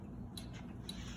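After a half-seated first try, a grease gun coupler is repositioned on a metal zerk grease fitting on a Harley motorcycle. Two short, sharp clicks come at 0.4 s and 0.9 s over a steady low background rumble. The coupler snaps on and is seated, ready for pumping grease.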